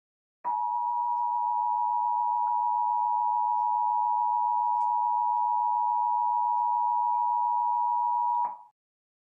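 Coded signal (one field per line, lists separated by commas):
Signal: Emergency Alert System (SAME) tones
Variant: 853 and 960 Hz attention tone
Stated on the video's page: Required monthly tests aired by television stations; one station had a slight audio problem on the second header.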